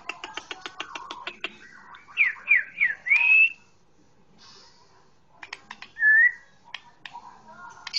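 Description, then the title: Oriental magpie-robin song, a series of dry clicking ticks, a few rising whistled slurs, a pause of near quiet, then another short whistle and more clicks. Long-duration chirping recording, over an hour long. "Kicau Kacer"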